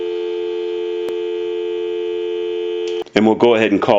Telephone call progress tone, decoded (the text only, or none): dial tone